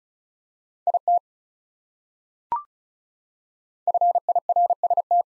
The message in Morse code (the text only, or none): IT FIRST